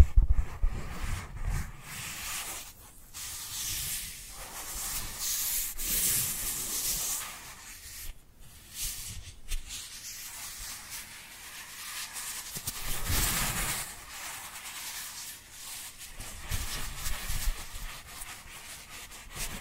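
Dry hands rub and brush against each other in a continuous, uneven scraping hiss. The friction swells and fades in irregular strokes, with brief near-silent pauses around three, eight and fifteen seconds, and low thumps from hand movement underneath.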